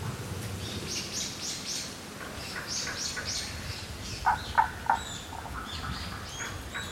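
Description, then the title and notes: Tago's brown frog calls: a run of three short croaks, evenly spaced, among busy bird chirps in the forest. Subspecies Rana tagoi tagoi; Kasugayama primeval forest, Nara, Japan; recorded 21 May 2017. "170521Rana tagoi tagoi in Kasugayama primeval forest by ototamari"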